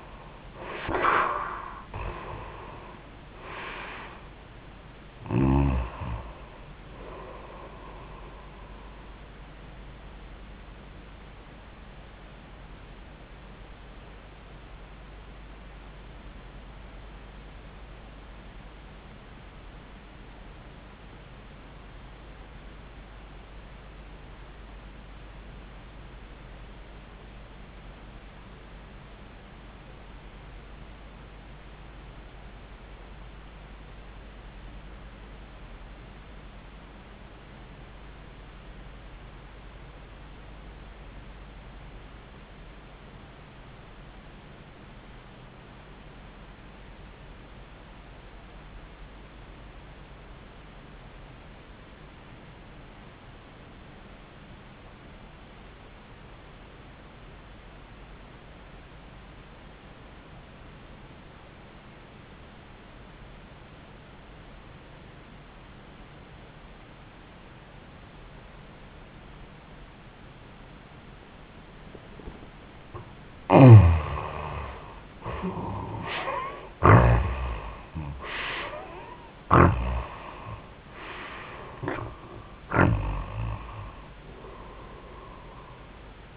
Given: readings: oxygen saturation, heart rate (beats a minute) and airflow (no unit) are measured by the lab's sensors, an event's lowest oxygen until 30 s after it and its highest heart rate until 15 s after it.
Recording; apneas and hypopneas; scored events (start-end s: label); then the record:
breathing in sleep by a voice recorder at the bedside; 1
16.00-72.60 s: obstructive apnea (REM, oxygen 92% highest, then 62% lowest, heart rate 67 at the start, 93 highest)
63.00-86.37 s: new sleep stage, N1 (lightest sleep)
From the record:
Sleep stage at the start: REM sleep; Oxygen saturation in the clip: 63 to 92%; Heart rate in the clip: 58 to 93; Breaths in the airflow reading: 7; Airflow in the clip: -17.4 to 14.2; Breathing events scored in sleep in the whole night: 400 in 8.7 hours asleep